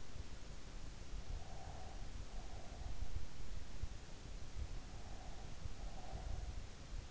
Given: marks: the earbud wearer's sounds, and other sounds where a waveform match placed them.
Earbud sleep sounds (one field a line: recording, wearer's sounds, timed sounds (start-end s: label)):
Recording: sounds in sleep by an in-ear microphone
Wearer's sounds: breath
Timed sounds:
1.54-2.94 s: breath
5.08-6.31 s: breath